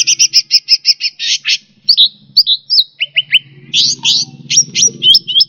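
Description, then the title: Bird delivering a rapid run of repeated chirps, then twisting whistled notes and quick downward slurs, a faint low hum in the background. "SuaraBurung Kicau4"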